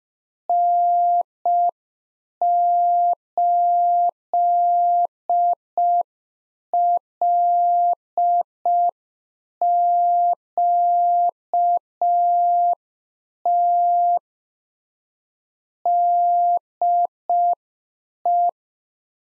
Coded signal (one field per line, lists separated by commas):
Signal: Morse code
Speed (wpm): 5 wpm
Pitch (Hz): 700 Hz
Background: none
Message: N8LQT DE